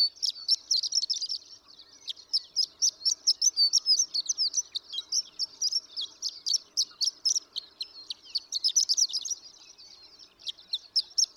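Horned lark song: long run of high, thin tinkling chirps, rapid and jumbled in bursts, with brief pauses.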